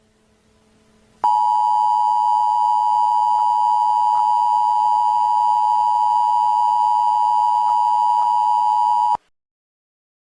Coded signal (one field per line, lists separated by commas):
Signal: Emergency Alert System (SAME) tones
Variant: 853 and 960 Hz attention tone